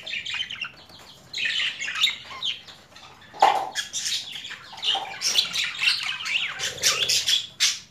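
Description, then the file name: Budgerigar squawks mixed with warbling chatter, irregular and uneven in loudness, with one louder harsh note partway through. Female bird; mixed assortment of sounds. "Karisik Sesler Disi Muhabbet Kusu Sesi"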